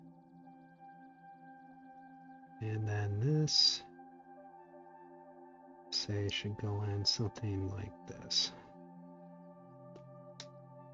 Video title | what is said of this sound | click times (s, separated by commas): XXXG-01SR Gundam Sandrock Straight Build Live Stream #gunpla #gundam #gundamwing | in there you just actually heard it snap in so there you go | 10.4 s